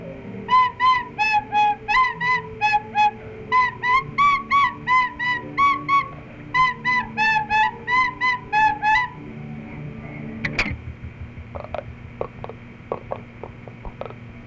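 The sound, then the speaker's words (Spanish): A flute plays the simple, bouncy children's melody 'El burrito del teniente' in short repeated phrases of clear, steady notes, then stops; a sharp click and faint rustling follow. “Ahora el burrito del teniente.”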